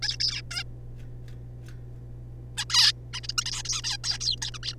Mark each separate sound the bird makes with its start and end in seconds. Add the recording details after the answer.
0.02-0.17, 0.20-0.41, 0.51-0.63, 2.57-2.64, 2.70-2.92, 3.13-3.20, 3.23-3.28, 3.29-3.32, 3.38-3.45, 3.46-3.62, 3.65-3.81, 3.84-3.98, 4.04-4.18, 4.21-4.36, 4.42-4.51, 4.54-4.58, 4.63-4.75. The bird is a juvenile. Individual R3549